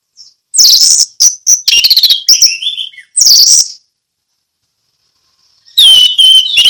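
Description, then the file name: Orange-headed thrush delivering loud, rapid, jumbled phrases of harsh and whistled notes, a silent gap of about two seconds, then a clear slurred whistle with chatter. Orange-headed thrush singing in the ngeplong song style. "anis merah ngeplong"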